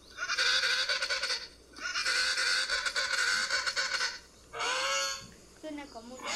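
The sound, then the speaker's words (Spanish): Loud, brassy trumpeting calls from several different penguins come in long braying bursts, each a harsh pulsing bray with a buzzy, horn-like tone, followed by shorter squawking calls with wavering pitch. “estos son varios tipos de sonidos de pingüino que fue lo que encontré”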